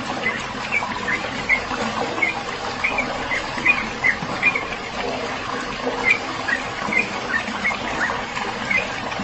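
Bird chirps, brisk and high, repeated roughly every half second to a second over a steady hissing background.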